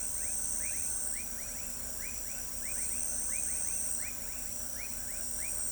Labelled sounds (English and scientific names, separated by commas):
none